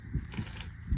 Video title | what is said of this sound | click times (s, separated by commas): OFF GRID LIVING - GROUND MOUNTED SOLAR - DIY | sure you guys hear that click. | 0.6 s